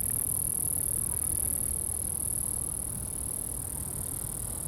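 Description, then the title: Crickets trill in a thin, high, continuous buzz while gusty wind fills the low end. Crickets recorded at Atins, Brazil, with wind in the background. "Atins, Brésil - Grillons - Crickets"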